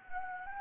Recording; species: mosquito wingbeat signal from an infrared sensor; Anopheles gambiae